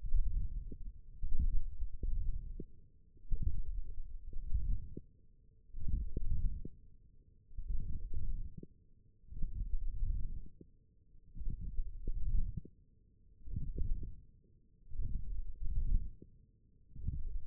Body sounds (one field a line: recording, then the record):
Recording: forearm muscle sounds (acoustic myography)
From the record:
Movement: hand closing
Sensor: system 1, eight BSWA MPA416 microphones around the upper forearm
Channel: 3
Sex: female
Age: 21 years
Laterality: right